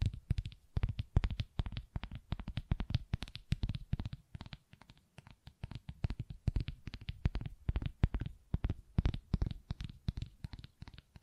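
Dense, rapid tapping and scratching continues throughout, with sharp clicking strikes over soft low thuds, coming in quick irregular bursts without pause.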